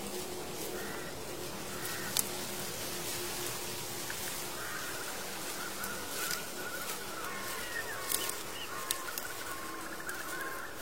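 A steady, dense rustling hiss fills the scene, with a low sustained hum underneath. Faint bird calls rise and fall over it, and a few sharp clicks stand out near two, eight and nine seconds.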